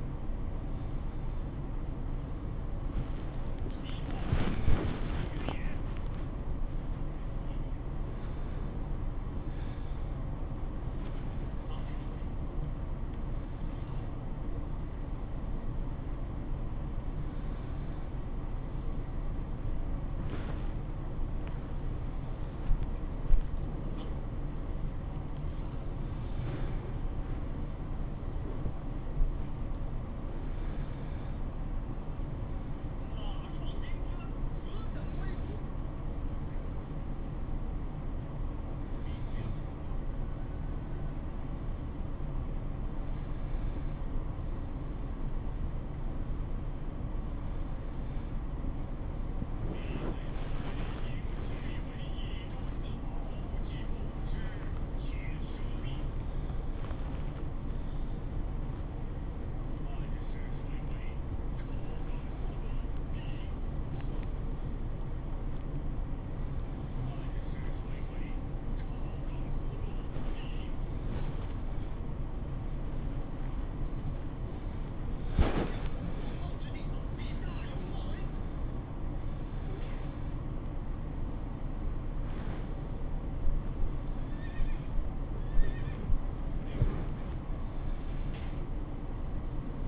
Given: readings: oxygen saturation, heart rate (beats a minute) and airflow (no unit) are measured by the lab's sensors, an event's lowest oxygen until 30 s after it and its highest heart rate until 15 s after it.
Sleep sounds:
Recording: a person awake in a sleep study, by a smartphone at the bedside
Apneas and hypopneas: none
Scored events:
0.00-89.88 s: awake
From the record:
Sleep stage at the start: awake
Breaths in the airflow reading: 27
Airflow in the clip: -0.7 to 0.8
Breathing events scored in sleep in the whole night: 403 in 5.5 hours asleep

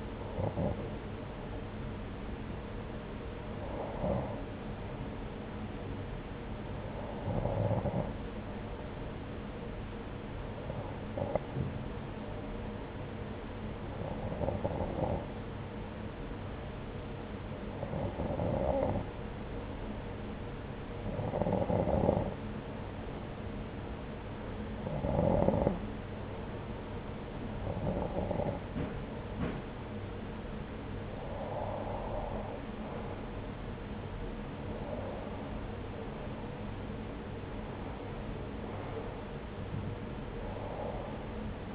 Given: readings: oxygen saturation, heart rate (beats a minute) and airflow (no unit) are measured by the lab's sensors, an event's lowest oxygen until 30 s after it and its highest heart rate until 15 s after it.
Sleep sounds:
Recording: breathing in sleep by a voice recorder at the bedside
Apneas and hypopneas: 1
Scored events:
5.00-34.60 s: hypopnea (N1, oxygen 92% highest, then 90% lowest, heart rate 76 at the start, 88 highest)
From the record:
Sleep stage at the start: N1 (lightest sleep)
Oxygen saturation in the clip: 90 to 93%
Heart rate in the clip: 73 to 88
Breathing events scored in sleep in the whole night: 303 in 8.1 hours asleep

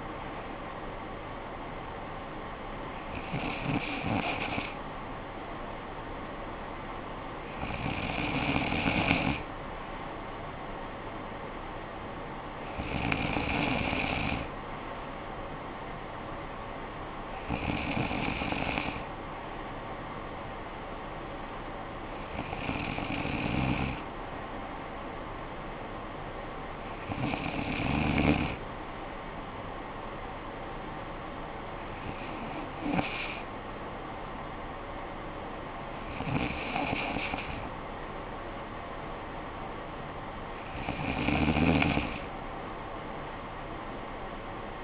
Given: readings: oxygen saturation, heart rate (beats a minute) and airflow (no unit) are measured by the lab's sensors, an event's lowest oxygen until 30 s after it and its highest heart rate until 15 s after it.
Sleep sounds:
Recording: breathing in sleep by a voice recorder at the bedside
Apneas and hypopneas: none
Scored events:
34.00-44.84 s: new sleep stage, N2 (light sleep)
From the record:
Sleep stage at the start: N3 (deep sleep)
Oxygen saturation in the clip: 94 to 95%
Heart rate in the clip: 52 to 57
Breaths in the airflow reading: 9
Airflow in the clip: -10.2 to 6.8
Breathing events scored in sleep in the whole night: 445 in 7.6 hours asleep

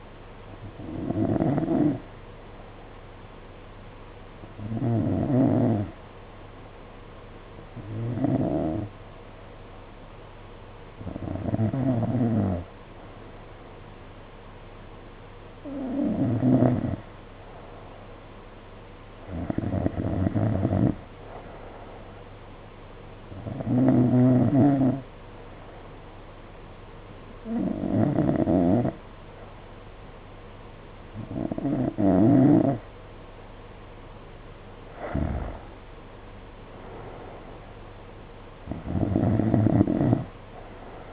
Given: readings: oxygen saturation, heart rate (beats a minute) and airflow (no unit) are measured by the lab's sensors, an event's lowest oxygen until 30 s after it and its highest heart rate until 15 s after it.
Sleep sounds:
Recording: breathing in sleep by a voice recorder at the bedside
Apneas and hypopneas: none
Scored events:
none scored
From the record:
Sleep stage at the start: N2 (light sleep)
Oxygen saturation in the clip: 90 to 92%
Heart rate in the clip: 52 to 62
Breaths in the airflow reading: 11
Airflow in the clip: -7.3 to 6.7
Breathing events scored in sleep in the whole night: 476 in 9.7 hours asleep

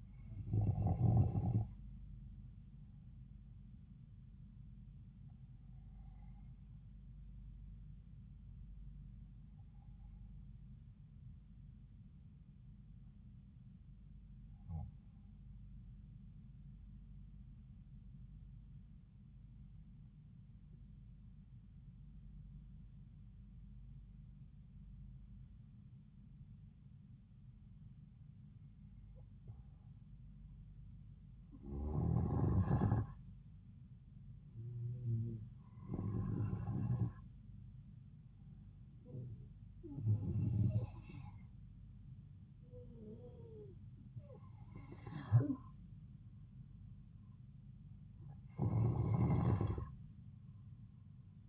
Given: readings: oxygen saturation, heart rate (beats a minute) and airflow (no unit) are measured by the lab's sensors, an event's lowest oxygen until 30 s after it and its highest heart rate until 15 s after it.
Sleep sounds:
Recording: breathing in sleep by a smartphone at the bedside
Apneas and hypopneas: 1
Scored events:
13.00-32.70 s: obstructive apnea (N2, oxygen 96% highest, then 91% lowest)
From the record:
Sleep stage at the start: N2 (light sleep)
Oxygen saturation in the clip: 90 to 96%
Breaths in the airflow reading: 7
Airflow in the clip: -3.6 to 4.3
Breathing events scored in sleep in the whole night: 270 in 6.1 hours asleep

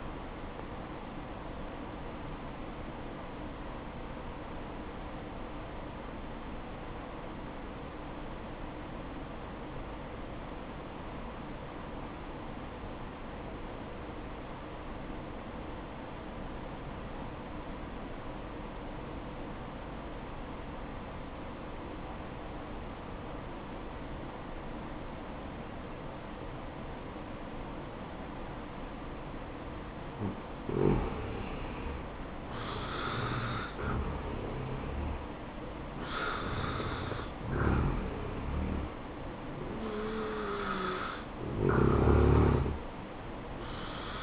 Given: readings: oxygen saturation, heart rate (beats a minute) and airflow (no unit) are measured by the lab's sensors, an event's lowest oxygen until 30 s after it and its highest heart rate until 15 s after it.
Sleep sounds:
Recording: breathing in sleep by a voice recorder at the bedside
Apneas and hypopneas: 1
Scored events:
7.00-32.30 s: obstructive apnea (N1, oxygen 94% highest, then 80% lowest, heart rate 61 at the start, 71 highest)
From the record:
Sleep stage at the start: N1 (lightest sleep)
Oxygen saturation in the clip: 75 to 94%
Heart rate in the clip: 57 to 71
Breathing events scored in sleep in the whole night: 573 in 9.8 hours asleep

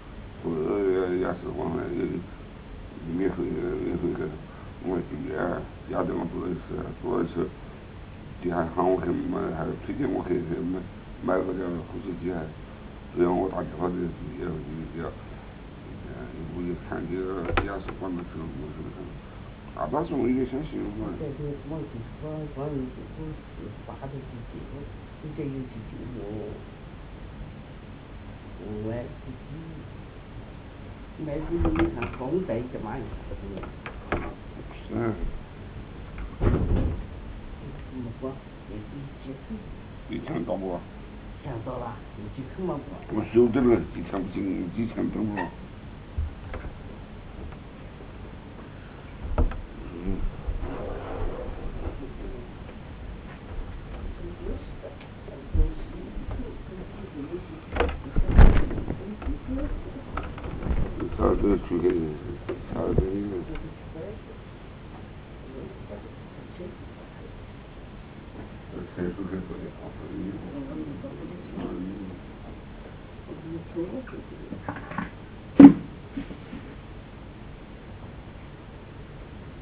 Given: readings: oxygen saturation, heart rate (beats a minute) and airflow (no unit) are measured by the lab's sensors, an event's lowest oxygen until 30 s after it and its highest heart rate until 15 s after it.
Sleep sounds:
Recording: a person awake in a sleep study, by a voice recorder at the bedside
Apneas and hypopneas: none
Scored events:
0.00-79.62 s: awake
From the record:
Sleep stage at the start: awake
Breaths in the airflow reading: 32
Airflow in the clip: -1.6 to 1.6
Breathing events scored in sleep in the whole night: 449 in 7.0 hours asleep

